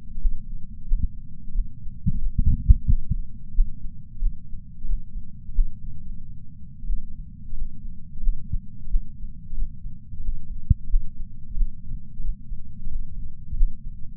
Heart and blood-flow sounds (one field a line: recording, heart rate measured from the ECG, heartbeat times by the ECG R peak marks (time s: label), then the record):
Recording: heart sounds by patch sensor on the chest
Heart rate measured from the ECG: 90 bpm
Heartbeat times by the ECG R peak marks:
0.20 s: heartbeat
0.84 s: heartbeat
1.54 s: heartbeat
2.21 s: heartbeat
2.87 s: heartbeat
3.51 s: heartbeat
4.21 s: heartbeat
4.88 s: heartbeat
5.54 s: heartbeat
5.90 s: heartbeat
6.88 s: heartbeat
7.56 s: heartbeat
8.22 s: heartbeat
8.89 s: heartbeat
9.56 s: heartbeat
10.23 s: heartbeat
10.89 s: heartbeat
11.56 s: heartbeat
12.23 s: heartbeat
12.90 s: heartbeat
13.56 s: heartbeat
From the record:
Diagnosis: coronary artery disease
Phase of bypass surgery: postoperative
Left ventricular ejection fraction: 56.9%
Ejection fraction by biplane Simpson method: 54%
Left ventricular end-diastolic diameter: 47 mm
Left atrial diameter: 43 mm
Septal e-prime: 5 cm/s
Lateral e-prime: 5.3 cm/s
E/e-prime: 10.9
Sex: male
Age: 77 years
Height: 160 cm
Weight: 79.5 kg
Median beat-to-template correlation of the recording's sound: 0.62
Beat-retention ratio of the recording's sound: 1.00